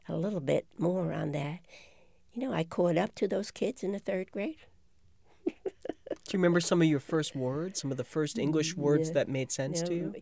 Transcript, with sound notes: A little bit more on that. You know, I caught up to those kids in the third grade. (laughs)
Do you remember some of your first words, some of the first English words that made sense to you?